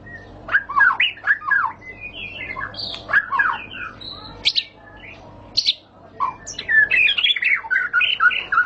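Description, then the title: White-rumped shama song, a varied run of sharp whistles, slurred notes and buzzy squawks in quick bursts, with short pauses between phrases. High-class lure (pancingan) recording, much sought as master song for training caged birds. "Pancingan Murai Batu Berkelas Banyak Di Cari Buat Masteran"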